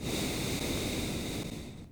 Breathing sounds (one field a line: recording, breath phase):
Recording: one breath near a microphone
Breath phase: exhalation